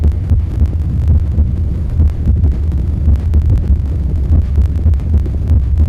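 An adult heart heard through a stethoscope, with an irregular rhythm (arrhythmia) caused by premature beats (extrasystoles).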